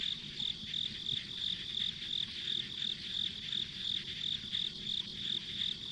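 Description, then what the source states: Insects calling with steady, regular high chirps near three a second, layered over a continuous buzzing hum and quiet low rumble. Ambient insect sounds on a rural country road.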